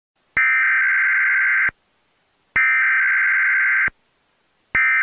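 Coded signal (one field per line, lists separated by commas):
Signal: Emergency Alert System (SAME) tones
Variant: header bursts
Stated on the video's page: Fake Emergency Alert System alert made for entertainment, not a real broadcast.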